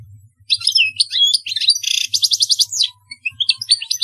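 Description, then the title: European goldfinch song, lively twittering phrases broken by a buzzy rattling trill, then more tinkling notes after a short pause. "Chant Chardonneret"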